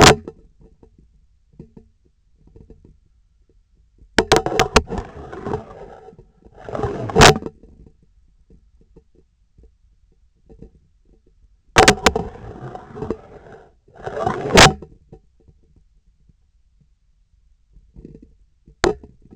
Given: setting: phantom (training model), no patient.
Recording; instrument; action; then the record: laparoscopic instrument, vibration sensor on the handle end; scissors; insertion and removal through the trocar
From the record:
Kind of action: spatial motion